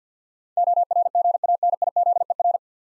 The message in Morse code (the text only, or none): ORGANIZER